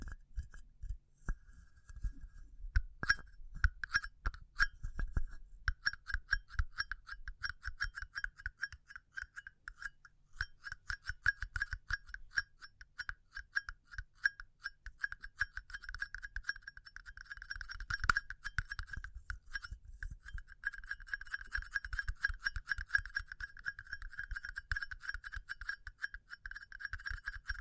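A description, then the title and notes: ASMR tapping made of dense, rapid clicks and taps that run almost without a break for the whole recording. The taps sound hard and slightly glassy, with a bright clicky edge and soft low thumps underneath. A few louder strikes stand out, one near eighteen seconds. ASMR Pure Tapping Fast and Slow (No Talking).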